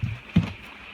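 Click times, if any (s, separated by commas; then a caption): none. A car trim panel is handled and centered over its retaining clips, making soft low thumps near the start and a louder dull knock at about 0.4 s, over a faint steady hum. Nothing has snapped or seated on the clips yet.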